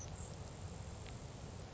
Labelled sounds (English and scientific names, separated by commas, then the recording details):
Grasshopper Sparrow (Ammodramus savannarum)
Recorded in Sonoma County, California